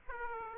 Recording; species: mosquito wingbeat signal from an infrared sensor; Aedes aegypti